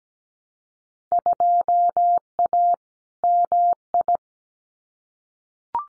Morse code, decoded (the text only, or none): 2A MI